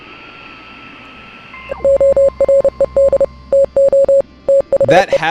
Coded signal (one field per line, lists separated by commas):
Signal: Morse code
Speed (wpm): 30 wpm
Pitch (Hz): 550 Hz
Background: speech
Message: ORED TO THE